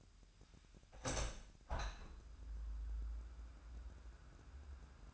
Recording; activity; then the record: daily activity, microphone in the room; open window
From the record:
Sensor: 2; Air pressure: 998.4 hPa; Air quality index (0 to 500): 134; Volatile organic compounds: 3 ppm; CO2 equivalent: 1515 ppm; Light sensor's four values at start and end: 6/15/6/7 and 7/16/7/7